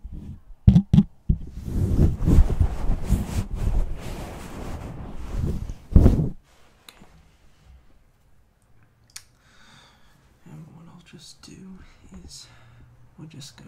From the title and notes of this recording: Fall Asleep ASMR Scalp & Face Massage.